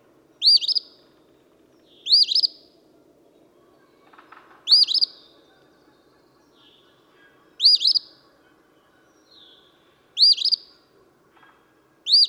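Eastern phoebe song, a burry 'fee-bee' phrase repeated six times at intervals of two to three seconds, with soft background bird calls.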